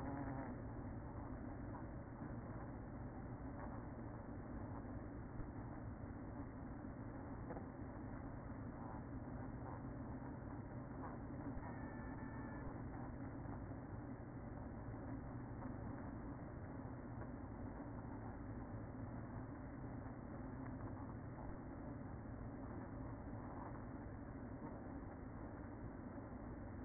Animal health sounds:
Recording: honeybee colony, microphone inside the hive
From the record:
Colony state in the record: queen present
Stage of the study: after two queens were removed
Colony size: about 60,000 bees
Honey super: yes

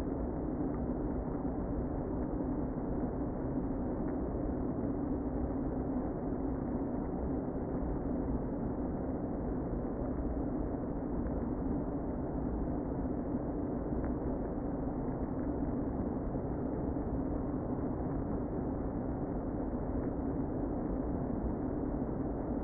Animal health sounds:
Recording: honeybee colony, microphone inside the hive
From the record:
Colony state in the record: queen present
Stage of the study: before two queens were removed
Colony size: about 60,000 bees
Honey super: yes

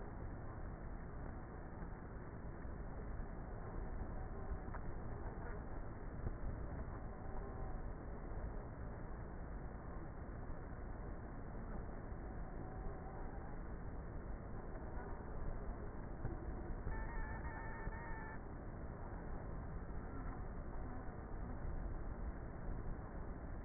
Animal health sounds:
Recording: honeybee colony, microphone inside the hive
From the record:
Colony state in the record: queenless with a low population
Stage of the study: before two queens were removed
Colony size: about 30,000 bees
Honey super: no

